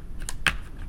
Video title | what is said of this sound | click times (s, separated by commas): Gator G Arm 360 Review - The BEST laptop stand! | all you got to do is to slide it in there just kind of pops right in | 0.5 s